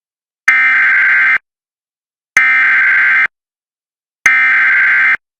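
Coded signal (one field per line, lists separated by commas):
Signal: Emergency Alert System (SAME) tones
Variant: header bursts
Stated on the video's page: Simulated nationwide activation in a hypothetical mock broadcast with realistic audio design.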